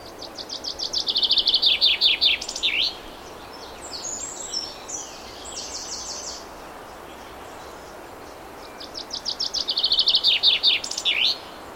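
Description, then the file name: Common chaffinch song repeated twice, each a descending run of bright notes ending in a flourish, with softer chirps from other birds between the phrases. "Fringilla coelebs"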